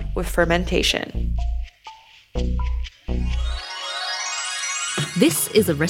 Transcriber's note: upbeat and fun jazz-inspired song; theme music ends; chimes